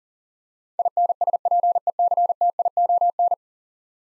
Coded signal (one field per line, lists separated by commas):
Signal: Morse code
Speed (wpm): 40 wpm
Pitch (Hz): 700 Hz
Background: none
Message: INSPECTION